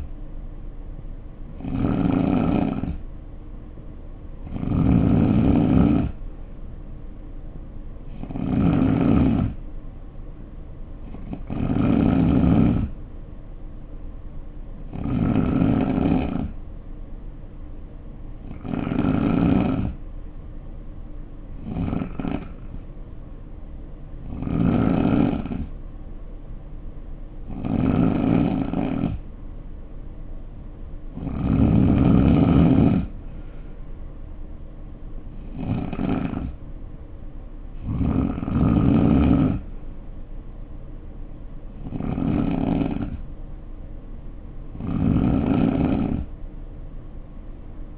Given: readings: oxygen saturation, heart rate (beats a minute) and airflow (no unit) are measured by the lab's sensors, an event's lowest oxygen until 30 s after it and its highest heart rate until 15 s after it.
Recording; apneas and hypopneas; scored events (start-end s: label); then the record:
breathing in sleep by a smartphone at the bedside; 1
19.00-47.98 s: new sleep stage, N2 (light sleep)
23.00-41.00 s: hypopnea (N2, oxygen 91% highest, then 88% lowest, heart rate 58 at the start, 64 highest)
From the record:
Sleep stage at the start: N3 (deep sleep); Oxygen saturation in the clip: 89 to 91%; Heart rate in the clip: 58 to 64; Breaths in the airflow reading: 13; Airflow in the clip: -6.0 to 3.9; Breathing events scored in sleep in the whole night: 520 in 7.2 hours asleep